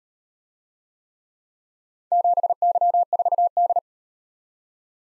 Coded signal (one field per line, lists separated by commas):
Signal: Morse code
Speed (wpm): 38 wpm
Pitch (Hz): 700 Hz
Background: none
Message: 7Y4D